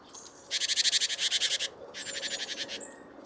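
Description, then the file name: Great tit rattling call, two bursts of rapid buzzy harsh pulses, the first louder and about a second long, the second slightly softer, with faint thin whistles behind. "Parus major"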